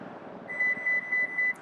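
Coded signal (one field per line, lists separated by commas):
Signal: beep code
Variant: Lexus power back door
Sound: four short high-pitched electronic beeps at about 2 kHz, joined by a fainter tone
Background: low outdoor rumble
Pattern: 4 short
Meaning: The new opening height for the power back door has been saved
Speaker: listening for those four beeps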